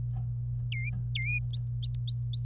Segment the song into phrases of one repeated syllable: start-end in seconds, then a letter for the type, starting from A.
0.72-0.89 A, 1.15-1.39 A, 1.53-2.45 B